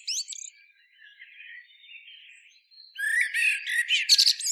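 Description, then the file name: Common blackbird singing: a brief high note, a soft warbling stretch, then loud bursts of squeaky, chattering twitter with rapid high notes toward the end. "Turdus merula"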